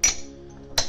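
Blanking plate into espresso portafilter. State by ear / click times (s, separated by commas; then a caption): seated / 0.0 s, 0.8 s. A metal blanking plate is pressed into a Gaggia Classic espresso machine portafilter in place of the basket. Sharp metallic clinks ring out at 0.0 s and 0.8 s, with a faint tonal hum between them. The plate clicks in and is seated.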